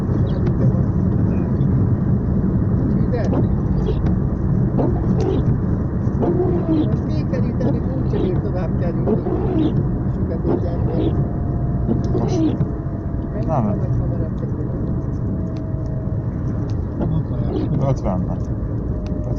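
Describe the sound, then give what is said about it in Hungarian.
A car heater fan blows warm air into the car in a steady, even whoosh as the windows fog up, over a low engine rumble, with scattered faint clicks and murmured voices underneath. “Meleget fúj az autó.”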